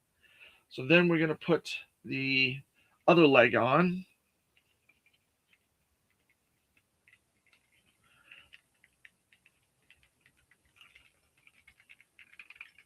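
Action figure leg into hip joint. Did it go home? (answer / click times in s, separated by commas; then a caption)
no / none. Someone talks for the first few seconds, then the second plastic leg of a G.I. Joe Classified action figure is handled and fitted toward the figure's hip joint. Faint scattered ticks and light plastic handling noises follow, growing busier near the end. The clip ends just before the leg goes home, and nothing has seated or clicked yet.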